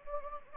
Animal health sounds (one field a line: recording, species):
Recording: mosquito wingbeat signal from an infrared sensor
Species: Anopheles gambiae